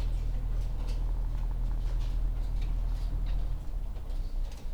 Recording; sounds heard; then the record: poultry house recording; sick chickens (respiratory disease)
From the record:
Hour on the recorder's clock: 14